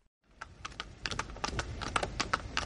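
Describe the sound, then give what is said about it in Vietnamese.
Hooves clip-clop in a quick, steady rhythm of sharp, bright knocks, as a luxurious horse-drawn carriage rolls along the King's Avenue, leaving the kingdom's parliament, over a low rumbling undertone. “Trên đại lộ quốc vương, một chiếc xe ngựa xa hoa rời khỏi nghị viện vương quốc.”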